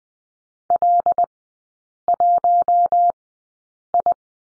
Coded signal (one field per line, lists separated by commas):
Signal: Morse code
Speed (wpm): 20 wpm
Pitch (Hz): 700 Hz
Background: none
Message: L1I